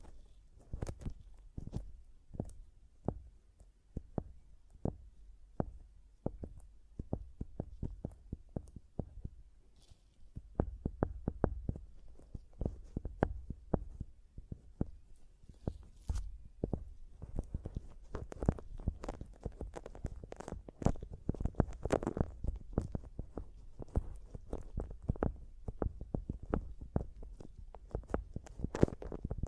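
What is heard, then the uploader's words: Tapping and scratching on a microphone, a dense run of sharp knocks with a low thump to each one. The taps come quickly and unevenly, sparser at first, then busier and louder from about ten seconds on, with scraping filling the gaps. ASMR Mic Tapping and Scratching (No Talking).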